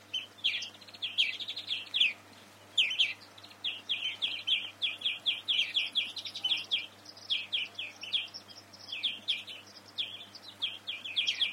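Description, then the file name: European greenfinch calls: rapid chattering series of bright chirps, some bursts bunched together, others spaced, continuing throughout over a low steady hum. "Chloris chloris"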